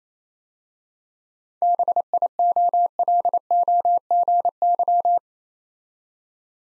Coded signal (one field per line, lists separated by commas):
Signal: Morse code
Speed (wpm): 27 wpm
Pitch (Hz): 700 Hz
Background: none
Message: BIOLOGY